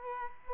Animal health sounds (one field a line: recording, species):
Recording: mosquito wingbeat signal from an infrared sensor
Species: Aedes albopictus